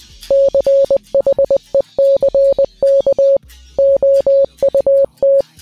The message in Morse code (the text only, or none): CHECK OUT